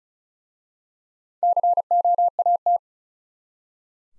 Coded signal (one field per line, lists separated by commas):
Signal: Morse code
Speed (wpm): 36 wpm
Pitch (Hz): 700 Hz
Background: none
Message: COAT